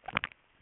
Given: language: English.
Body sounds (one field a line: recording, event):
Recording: throat vibration sensor signal played as sound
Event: swallow